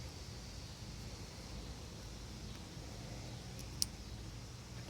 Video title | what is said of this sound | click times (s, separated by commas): Automotive Wire Splicing and Connectors | goes through till it clicks. | 3.8 s